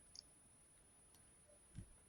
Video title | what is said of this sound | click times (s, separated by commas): CZ-27 complete disassembly | We push up and the pin snaps into the hole. | 0.2 s